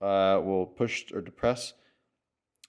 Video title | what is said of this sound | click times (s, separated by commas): 4Runner Bumper Valance Swap | and then pop into place right here, and that'll lock it. | 2.6 s